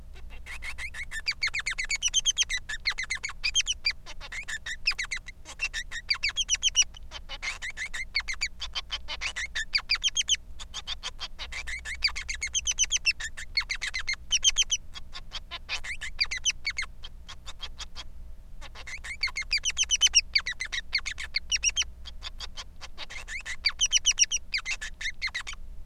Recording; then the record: song of a male Bengalese finch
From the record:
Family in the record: son of father 3